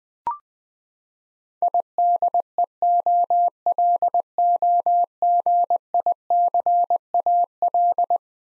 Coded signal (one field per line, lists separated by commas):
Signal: Morse code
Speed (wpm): 20 wpm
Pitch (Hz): 700 Hz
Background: none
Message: IDEOLOGICAL